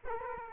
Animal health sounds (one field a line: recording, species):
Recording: mosquito wingbeat signal from an infrared sensor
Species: Culex quinquefasciatus